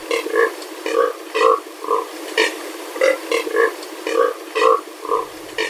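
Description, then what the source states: Neotropic Cormorant giving croaking, grunt-like calls in a steady series of about two per second. Common across almost all of Brazil wherever there is plenty of water; the curious sound may be mistaken for an amphibian or mammal; known locally as biguá.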